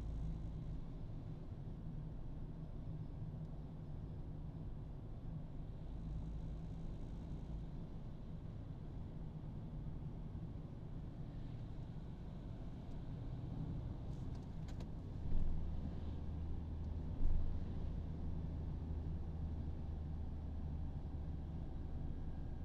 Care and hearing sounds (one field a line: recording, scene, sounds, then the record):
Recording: everyday scene through a hearing-aid microphone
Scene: in a vehicle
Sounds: engine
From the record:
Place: Berlingo II, diesel engine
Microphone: in the ear canal, right